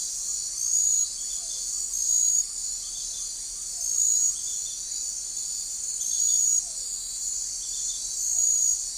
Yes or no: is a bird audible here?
no